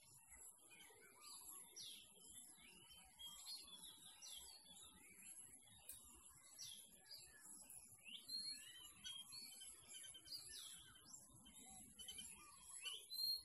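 Birds chirping and twittering, many short high notes and upward sweeps overlapping throughout, with a steady high insect-like hiss in the background.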